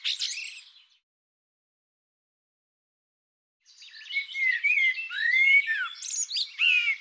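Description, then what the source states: Bird song: a brief bright fragment at the start, then after a long silence a rich, jumbled phrase of whistled slurs and buzzy notes rising and falling, no other sounds. Bird labelled "Tu Me".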